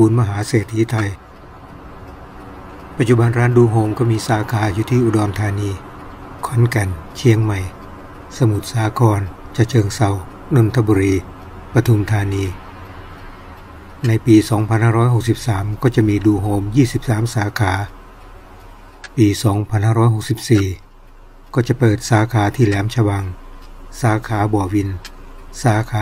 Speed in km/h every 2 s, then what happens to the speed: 43, 43, 42, 40, 38, 36, 27, 13, 11, 9, 7, 6, 7.
0-15 slows to 11. 15-26 steady at about 7.